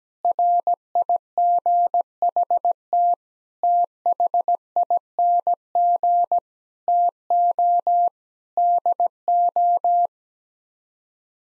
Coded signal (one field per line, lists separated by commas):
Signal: Morse code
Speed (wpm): 17 wpm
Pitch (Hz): 700 Hz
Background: none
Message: RIGHT THING TO DO